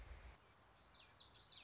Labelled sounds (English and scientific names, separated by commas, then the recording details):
Common Yellowthroat (Geothlypis trichas)
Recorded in Sonoma County, California